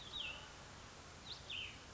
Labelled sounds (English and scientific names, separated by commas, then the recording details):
Cassin's Vireo (Vireo cassinii)
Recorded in Sonoma County, California